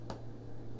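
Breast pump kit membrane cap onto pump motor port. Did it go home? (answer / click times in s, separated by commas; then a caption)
yes / 0.1 s. A plastic membrane cap from a Medela Symphony breast pump kit is pressed onto its motor port inside the pump, giving a single small, sharp click at 0.1 s over a steady low hum. The cap seats on the port.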